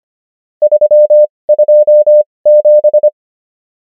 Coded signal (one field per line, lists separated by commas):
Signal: Morse code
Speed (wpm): 25 wpm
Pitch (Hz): 600 Hz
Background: none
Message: 327